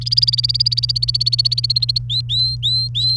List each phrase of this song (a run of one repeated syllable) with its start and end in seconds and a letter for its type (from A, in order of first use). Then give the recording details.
0.01-1.98 A, 2.10-3.17 B. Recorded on 28 April 2018 at 16:10. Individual llb3